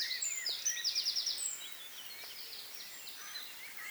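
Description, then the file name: Eurasian wren giving a fast, high-pitched rattling series of notes for about a second and a half, with fainter calls after. "Troglodytes troglodytes"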